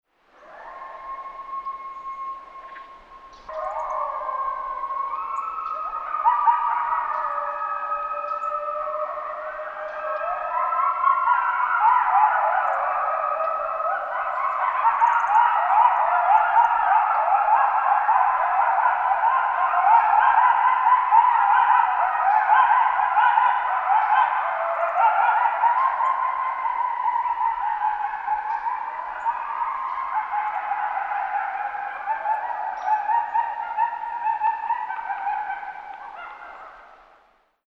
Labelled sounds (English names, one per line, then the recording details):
Coyote
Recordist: Frommolt, Karl-Heinz
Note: Chorheulen